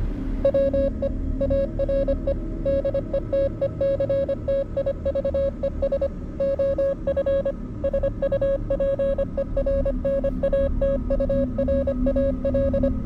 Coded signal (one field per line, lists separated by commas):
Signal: Morse code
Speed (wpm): 25 wpm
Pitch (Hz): 550 Hz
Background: music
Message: WE ARE DETECTIVES OF SUPERNATURAL